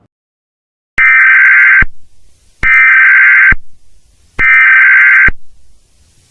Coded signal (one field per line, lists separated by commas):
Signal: Emergency Alert System (SAME) tones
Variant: header bursts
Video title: Eas Scenario 11: Exploding Batteries